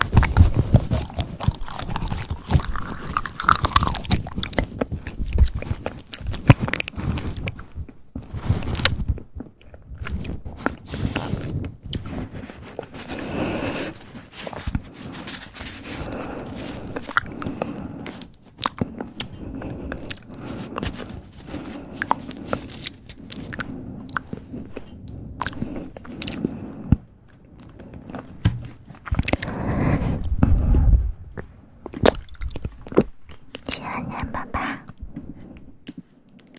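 Soft mouth sounds run throughout in a dense, irregular stream of wet clicks, smacks and chewing-like crunches. The sound stays fairly low and steady, with brief sharper bursts early on and again around the thirty-second mark, and short quiet gaps between clusters.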